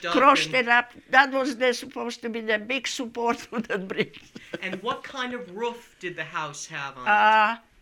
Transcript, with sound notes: Crushed it up. That was supposed to be the big support for the bricks. (laughing heartily)
And what kind of roof did the house have on it?